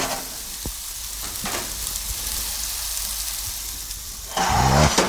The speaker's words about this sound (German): So, und jetzt tun wir diese herrlichen Fleischlaberln. Hörst du das Brutzeln? Sehr gut, das ist immer breit.